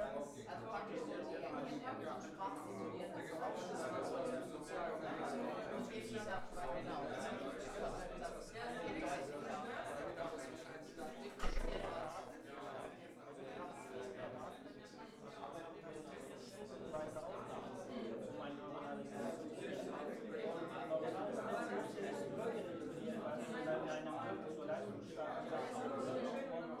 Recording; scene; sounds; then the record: everyday scene through a hearing-aid microphone; many people talking; many voices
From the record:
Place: bistro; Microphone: behind the ear, left, rear